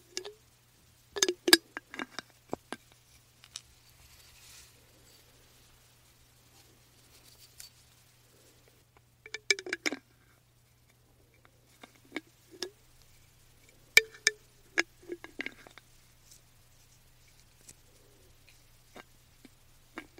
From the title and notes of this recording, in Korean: ASMR 유리병 뚜껑여는 소리 탭핑.